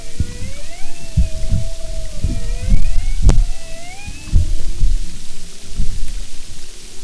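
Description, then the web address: Humpback whale sounds: overlapping smooth whistled tones gliding up and down, with a sharp click and low pulsing thumps beneath. "Marine Mammals humpback"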